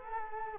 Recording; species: mosquito wingbeat signal from an infrared sensor; Culex quinquefasciatus